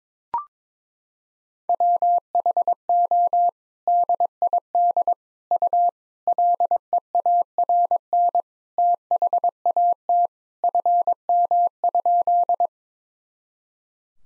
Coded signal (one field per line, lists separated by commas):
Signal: Morse code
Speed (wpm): 22 wpm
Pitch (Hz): 700 Hz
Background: none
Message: WHO DID U LEARN THAT FM?